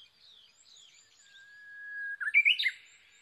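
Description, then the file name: Japanese bush warbler gives a long, even whistle followed by a rapid, loud warbled phrase that climbs and falls; thin high bird chirps sound faintly earlier. Recorded 22 May 2011 at 05:43. "uguisu-20110522-0543"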